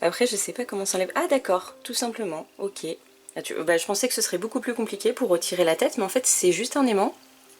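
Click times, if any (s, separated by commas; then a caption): none. A woman talks while handling the head of a 3D-printed articulated cat doll, which is held on by a magnet and clips onto the neck joint. Only speech is heard, with brief pauses. Nothing has seated or clicked yet.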